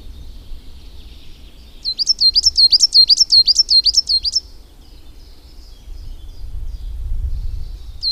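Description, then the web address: Coal tit song: a fast, even run of high, thin two-part notes lasting about two and a half seconds. "agykontroll Madardalok Cd 1. Fenyves cinege"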